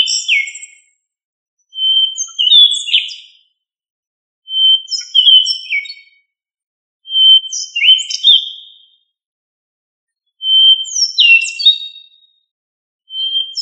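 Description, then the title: Thrush singing a series of short phrases every few seconds, each a steady whistled note followed by a quick, tumbling warble of higher and lower notes; otherwise quiet. "Familia Turdidae - Sabia"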